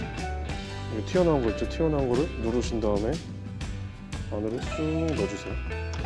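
Someone talks over background music while pressing the protruding button on a Burley Bee child bike trailer's tow arm and pushing the arm into the hitch coupler. Two brief sharp sounds occur around 3.6 s and 4.1 s. Nothing has seated or clicked yet.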